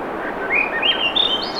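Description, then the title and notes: Swainson's thrush singing one upward-spiralling series of breezy, flutey notes that climbs steadily higher, with constant surf noise underneath. Singing, 7:15 pm, 7 June 2017, low 50s, clear skies, between tides; Sun Dew Trail near Ocean Beach, Schoodic Peninsula, Acadia National Park, Maine; Fostex FR2, ME 66 shotgun; high-pass filtered against surf. "Swainson's Thrush pm. Swainson's Thrush singing Wednesday June 7, 2017 7:15 pm temperature low 50s clear skies between the tides Sun Dew Trail where it intersects with trail to Ocean Beach Schoodic Pennisula Acadia National Park Winter Harbor, ME"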